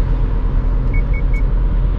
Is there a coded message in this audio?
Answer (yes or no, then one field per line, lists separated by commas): no